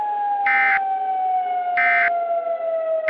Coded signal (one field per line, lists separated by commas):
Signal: Emergency Alert System (SAME) tones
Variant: end-of-message bursts